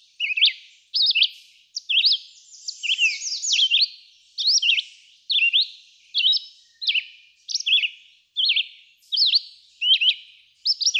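Red-eyed vireo song: short, slurred whistled phrases, rising and falling, delivered steadily with brief pauses between.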